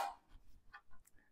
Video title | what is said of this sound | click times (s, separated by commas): GVODE Slicer Shredder KitchenAid Attachment Review/Demo. Plus BONUS hints and tips! | the three tabs will pop into place | 0.8 s, 1.1 s